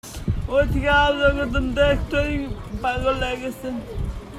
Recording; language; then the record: elicited speech; Bengali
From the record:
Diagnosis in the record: Broca's or global aphasia after a stroke